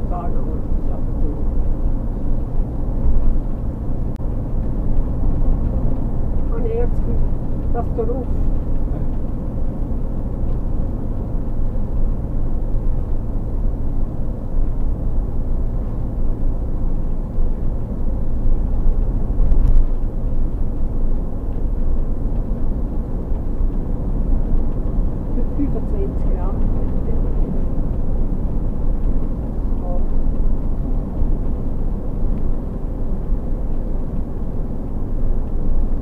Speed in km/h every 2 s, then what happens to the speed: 61, 61, 61, 61, 61, 59, 59, 57, 57, 57, 57, 55, 53, 53, 53, 53, 53, 53.
0-36 steady at about 57.